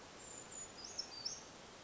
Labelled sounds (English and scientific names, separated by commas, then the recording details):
Brown Creeper (Certhia americana)
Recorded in Sonoma County, California